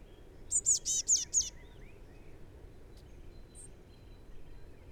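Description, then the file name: Eurasian blue tit calling, a quick burst of five high, thin notes in about one second, then only a low steady background hiss. "Cyanistes caeruleus"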